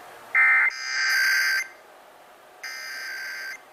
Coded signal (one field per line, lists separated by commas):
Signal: Emergency Alert System (SAME) tones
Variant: header bursts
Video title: (EAS #984-992) February 2026 Texas Required Monthly Test